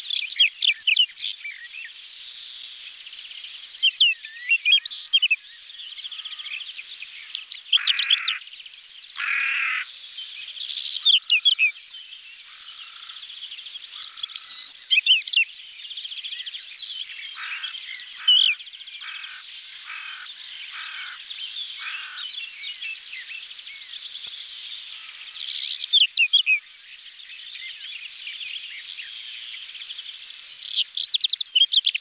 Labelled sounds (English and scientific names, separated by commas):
Whinchat (Saxicola rubetra) song